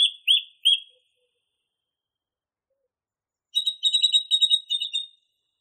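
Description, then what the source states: Song thrush song: three short whistled notes, a pause, then a rapid chattering phrase of repeated high notes. Masteran recording, used for training songbirds.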